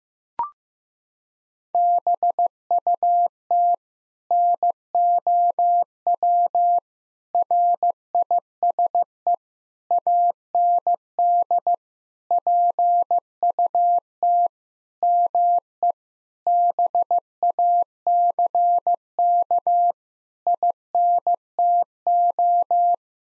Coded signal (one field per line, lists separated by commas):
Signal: Morse code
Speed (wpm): 15 wpm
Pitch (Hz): 700 Hz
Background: none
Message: BUT NOW RISE AND PUT ME BACK INTO